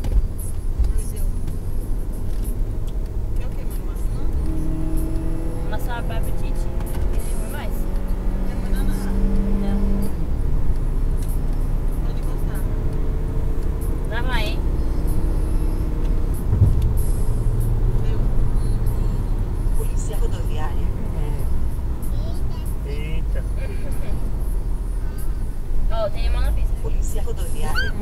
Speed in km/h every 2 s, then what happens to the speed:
69, 74, 81, 89, 97, 102, 107, 112, 114, 113, 110, 96, 90, 85.
0-16 speeds up to 114. 16-28 slows to 85.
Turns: none.